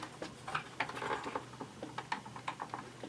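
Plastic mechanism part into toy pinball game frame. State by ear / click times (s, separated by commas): not seated / none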